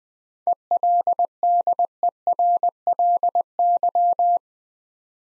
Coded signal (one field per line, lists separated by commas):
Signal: Morse code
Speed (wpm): 20 wpm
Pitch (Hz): 700 Hz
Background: none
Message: ELDERLY